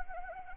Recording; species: mosquito wingbeat signal from an infrared sensor; Anopheles arabiensis